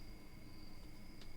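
A plastic part from an HG 1/144 Zeta Gundam model robot kit is being handled and fitted against its mating part on the kit, but nothing has seated or clicked yet. A low rumble and two steady high tones run through the clip, with a faint brief broadband rustle near 1.2 s.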